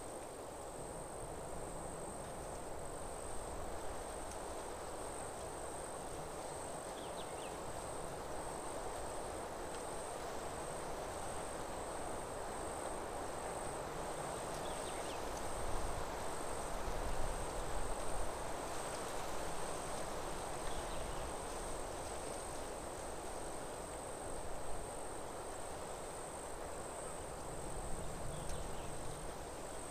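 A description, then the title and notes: Nature ambience with a steady, unbroken insect or cricket drone sitting high and bright across the whole thirty seconds. Beneath it runs a constant low rumble, rising slightly around fifteen to twenty seconds as if a vehicle passes. Nature Ambience. The sounds of nature.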